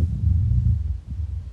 Ronchi are produced by either vibrations of large airways, similar to a wheeze, or by the breakup of air-fluid interfaces, as would be heard when there is significant amounts of exudate in a large airway. Ronchi are often snoring-type sounds that are easily heard. Their presence indicates either upper airway collapse or signals the presence of abnormal accumulations of secretions in large airways.